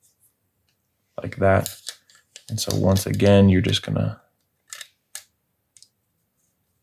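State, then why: Not seated. Someone talks while the plastic cover half of a 2017–2018 Volvo XC60 key fob is pushed, tabs at the bottom first, onto the fob body over the coin-battery compartment. A few brief plastic taps follow the talking near the end. The cover has not seated or clicked into place yet.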